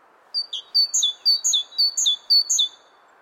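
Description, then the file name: Great tit giving sharp, high paired notes, the high-then-low couplet repeated rapidly several times above faint low hiss. "Great Tit, Kohlmeise"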